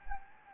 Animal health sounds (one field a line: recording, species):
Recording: mosquito wingbeat signal from an infrared sensor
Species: Anopheles gambiae